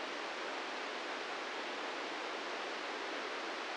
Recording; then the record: brain microelectrode recording played as sound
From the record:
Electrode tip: inside the subthalamic nucleus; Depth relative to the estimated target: -3 mm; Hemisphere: left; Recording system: NeuroSet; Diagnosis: Parkinson's disease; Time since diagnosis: 13 years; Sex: male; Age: 66 years